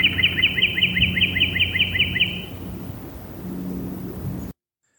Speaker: This is the song of the Northern Cardinal.